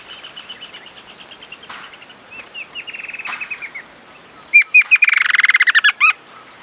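Bird calls: soft, quick repeated chirps, then a louder burst of rapid, sharp notes descending slightly in pitch.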